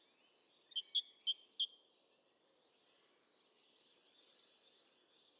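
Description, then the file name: Great tit uttering a short, quick burst of high, clear notes, then softer, scattered high chirps in the background. "Parus major"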